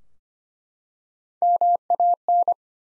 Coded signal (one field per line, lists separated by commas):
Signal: Morse code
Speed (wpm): 25 wpm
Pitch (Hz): 700 Hz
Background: none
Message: MAN